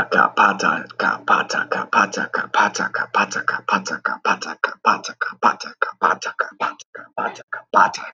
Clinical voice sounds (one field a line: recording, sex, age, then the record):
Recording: repeated syllables /pa ta ka/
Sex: male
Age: 20 to 29 years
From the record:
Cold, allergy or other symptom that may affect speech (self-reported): no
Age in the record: 25 years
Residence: Kentucky, United States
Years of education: 12